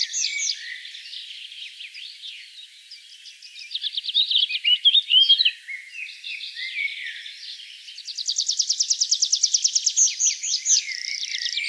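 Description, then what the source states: Tree pipit song with varied chirping phrases, then a long rapid series of repeated high notes near the end, busy and energetic throughout. Recorded 4 July 2013.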